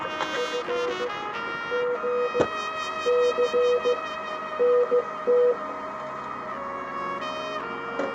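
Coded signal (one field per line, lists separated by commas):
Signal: Morse code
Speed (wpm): 15 wpm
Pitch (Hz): 490 Hz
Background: music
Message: FGC NT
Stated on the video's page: Ten Tec Paragon transceiver tuned manually to the frequency.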